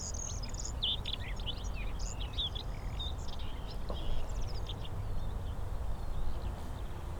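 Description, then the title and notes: Skylark singing a fast, chirruping warble for the first few seconds, then fading, over a constant low background hum. Several skylarks singing in fields by St. Isidore's wayside shrine, Sosna Góra, Siemianowice Śląskie, Poland; Saturday 18 May 2019; insects buzzing, shooting range in background; Zoom H5, Audio-Technica BP4025. "Unnamed Road, Siemianowice Śląskie, Polska - skowronek przy kapliczce św. Izydora. Wśród pól znajduje się kapliczka świętego Izydora na Sosnej Górze. W polu śpiewają skowronki i brzęczą owady"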